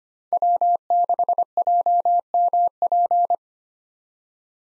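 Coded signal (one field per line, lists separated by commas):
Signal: Morse code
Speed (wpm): 25 wpm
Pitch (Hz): 700 Hz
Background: none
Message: W6JMP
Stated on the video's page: Head-copy drill of common SOTA chaser call signs at 25 WPM, each sent, spoken, then sent again.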